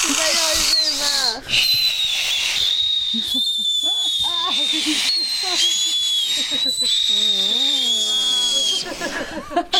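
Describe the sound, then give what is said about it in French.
A thin, high whistle tone is blown almost continuously into a simple, basic-shaped whistle, wavering slightly and dipping in pitch now and then, while people talk underneath it. “Je pense que c'est un bon moyen aussi d'appréhender le souffle, le sifflement, quoi. De comment ça fonctionne avec une forme basique comme ça.”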